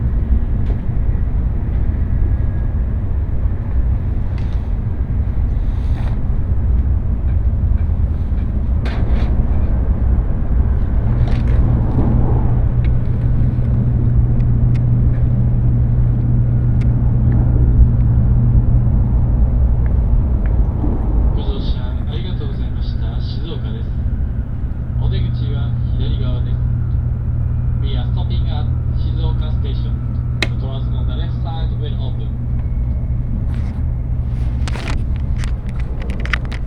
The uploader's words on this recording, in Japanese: 東海道新幹線こだま浜松→静岡。朝一番の浜松始発の新幹線です。始発駅だけのメロディーも流れたりしているうちに掛川駅に到着というのが毎回のパターンです。